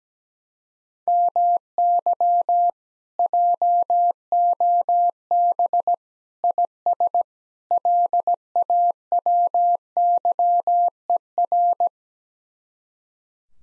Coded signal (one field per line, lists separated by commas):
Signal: Morse code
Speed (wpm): 17 wpm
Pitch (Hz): 700 Hz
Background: none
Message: MY JOB IS LAWYER